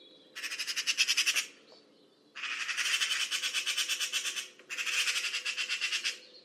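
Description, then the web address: Bird giving harsh, rasping squawks, three buzzy stuttered bursts of one to two seconds, separated by short pauses. "Bird Only More Classes Pi Pi Pi Pi"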